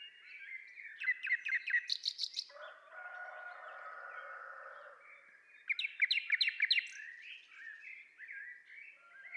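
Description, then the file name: Common nightingale singing bursts of quick repeated sharp notes, a lower drawn-out buzzy passage between them, then another stuttering phrase. "Luscinia megarhynchos"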